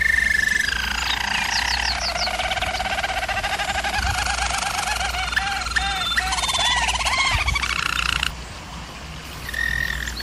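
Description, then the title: German Roller canary song, rolling tours with quick rising chirps and bubbling warbled notes, briefly quieter before resuming, low hum underneath. Canary training video. "German Roller Canary Singing - Canary Training Vid"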